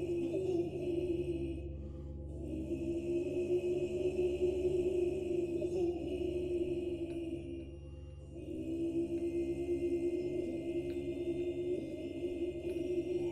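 Buddhist chanting in low, sustained voices holds a steady droning pitch, with a deep hum underneath. The chant swells in long phrases, dipping briefly near two and eight seconds before resuming. Faint, thin ringing tones linger higher up throughout.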